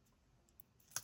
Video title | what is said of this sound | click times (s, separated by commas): Opening Blythe Flower Girl of Happiness | I mean, it's in there, so that's good. I like it when they kind of like snap in, like that. | 1.0 s